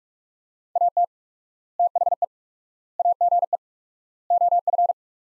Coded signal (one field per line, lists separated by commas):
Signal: Morse code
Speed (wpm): 46 wpm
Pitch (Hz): 700 Hz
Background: none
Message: AT THE AGE OF